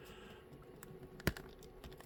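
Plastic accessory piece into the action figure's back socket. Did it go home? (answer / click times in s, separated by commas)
no / none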